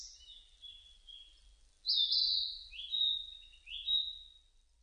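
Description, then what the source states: Narcissus flycatcher song: high, clear whistled phrases with a loud level note followed by rising, upslurred whistles. 30 April 2005.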